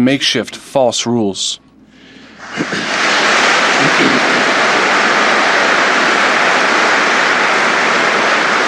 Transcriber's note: applause